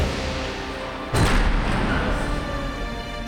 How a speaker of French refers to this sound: Fou de jalousie, il quitte la fête précipitamment en faisant claquer toutes les portes du château les unes après les autres.